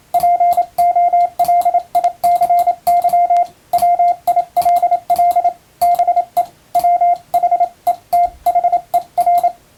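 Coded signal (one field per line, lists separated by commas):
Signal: Morse code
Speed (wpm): 28 wpm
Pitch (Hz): 700 Hz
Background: radio noise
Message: POLICY WILL BE WHETHER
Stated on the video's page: Morse practice of plain English text sent with an electronic keyer, somewhat fast.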